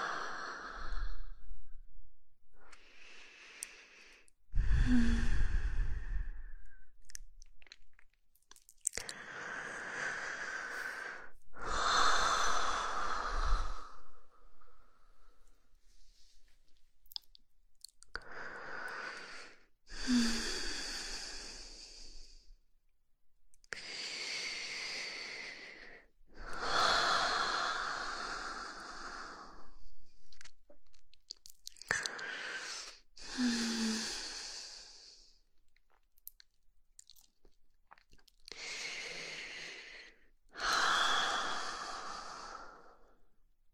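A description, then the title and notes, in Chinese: Slow breathing, with drawn-out breaths arriving every few seconds across the whole stretch. Each inhale and exhale is a soft, airy hiss that swells and fades, a few landing with a louder low puff. Quiet gaps separate most breaths. 缓缓的呼吸声。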